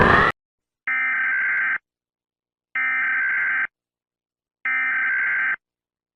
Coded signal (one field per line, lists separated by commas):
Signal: Emergency Alert System (SAME) tones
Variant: header bursts